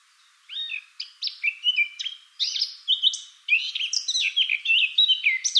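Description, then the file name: Eurasian blackcap song, a run of clear varied chirps building into a fast, fluty warble, phrases separated by brief gaps. "Sylvia atricapilla"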